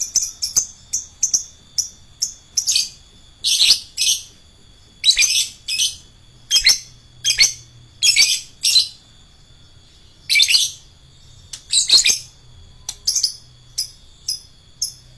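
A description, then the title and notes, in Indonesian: A lovebird calls in rapid, shrill bursts of high chirping, each lasting about half a second and coming roughly every second across the whole stretch. The calls are piercing, with quiet gaps between them and a faint low hum underneath. LOVEBIRD FIGTER. Lovebird Dewasa.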